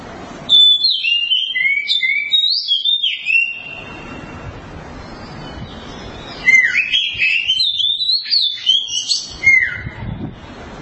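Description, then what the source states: Oriental magpie-robin song: varied whistled phrases sliding between high notes, two bursts of several seconds each separated by a quiet gap, with low background rumble. Long-duration song.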